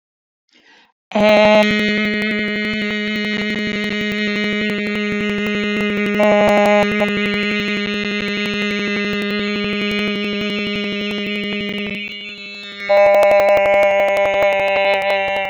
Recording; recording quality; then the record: sustained vowel as in made; moderate, slight background noise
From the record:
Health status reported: healthy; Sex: female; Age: 55 years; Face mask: not worn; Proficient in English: no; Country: France